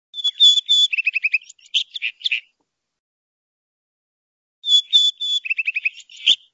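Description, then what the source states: Rufous-tailed rock thrush song: two phrases, each opening with clear whistled notes, then a quick run of repeated trilled notes and warbles, with a pause between. Song of the male.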